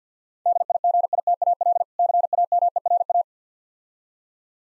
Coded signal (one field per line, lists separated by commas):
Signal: Morse code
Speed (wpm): 47 wpm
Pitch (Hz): 700 Hz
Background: none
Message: DIGITAL CAMERA